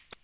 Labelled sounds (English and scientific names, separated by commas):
Tennessee Warbler (Leiothlypis peregrina) flight call